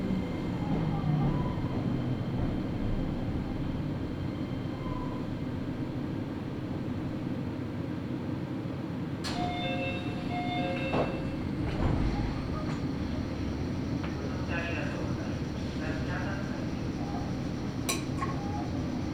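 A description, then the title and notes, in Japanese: A train ride with its rattling clatter rolling on at a steady level, a dense low rumble throughout. Around 9 to 11 seconds a short tonal beep or chime sounds, followed by sharp clicks and clanks near 12 and 18 seconds. ガタンゴトンの旅 名古屋鉄道 阿久比→内海 普通。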